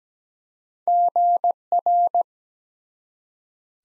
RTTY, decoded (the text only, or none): none